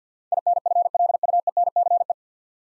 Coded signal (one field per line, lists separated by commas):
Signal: Morse code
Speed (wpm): 50 wpm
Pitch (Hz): 700 Hz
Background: none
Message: INFLUENCE